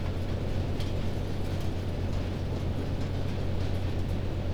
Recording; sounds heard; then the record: poultry house recording; no chicken sound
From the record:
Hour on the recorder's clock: 22